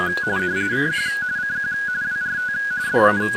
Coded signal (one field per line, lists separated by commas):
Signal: RTTY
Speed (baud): 45.45 baud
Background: speech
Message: CQ CQ WRT DE